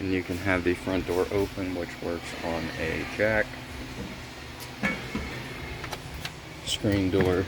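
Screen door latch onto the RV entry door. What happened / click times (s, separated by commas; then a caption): The door is being handled; the latch has not yet caught / none. Someone talks while handling the screen door of a 2022 Heartland Road Warrior RV, which swings against the main entry door so its latch can catch and lock onto it. Short knocks and taps are heard near 4.9, 5.9 and 6.3 seconds, but the latch has not yet snapped into place by the end of the clip.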